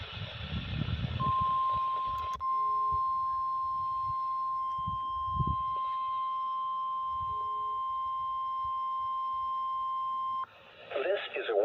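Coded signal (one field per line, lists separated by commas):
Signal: Emergency Alert System (SAME) tones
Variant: 1050 Hz attention tone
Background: speech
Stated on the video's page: Required Weekly Test on NOAA Weather Radio station WXL36.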